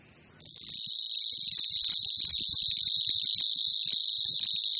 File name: Cvrčilka-slavíková